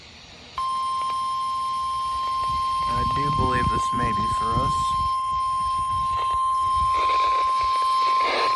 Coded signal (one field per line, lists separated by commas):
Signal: Emergency Alert System (SAME) tones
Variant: 1050 Hz attention tone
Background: speech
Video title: Day And Night - EAS Alerts from 8/29/24 || EAS 1,440-1,448